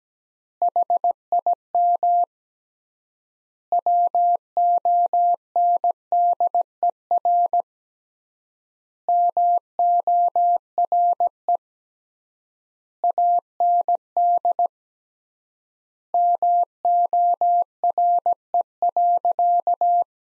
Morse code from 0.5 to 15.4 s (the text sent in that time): HIM WONDER MORE AND